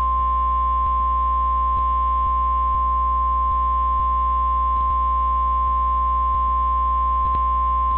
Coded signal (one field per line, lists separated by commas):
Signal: Emergency Alert System (SAME) tones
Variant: 1050 Hz attention tone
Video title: EAS Scenario - Category 6 (Part 1)